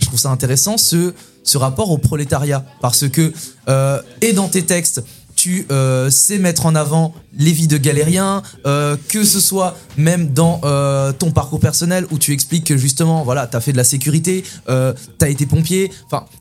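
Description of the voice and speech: A man asks a question in fluent conversational French, with ordinary hesitations and filler sounds; typical speech.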